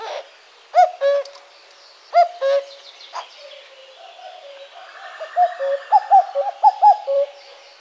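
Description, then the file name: Common cuckoo calling: paired low hooting notes, the second slightly lower, given twice early on, followed by faster runs of similar hollow notes. "Coucou gris"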